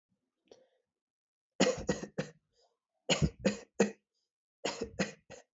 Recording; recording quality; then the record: shallow voluntary cough; excellent, no background noise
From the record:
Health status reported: healthy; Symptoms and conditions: none ticked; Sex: male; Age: 23 years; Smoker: not ticked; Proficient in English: yes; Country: India